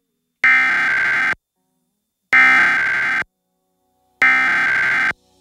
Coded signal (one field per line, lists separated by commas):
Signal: Emergency Alert System (SAME) tones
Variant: header bursts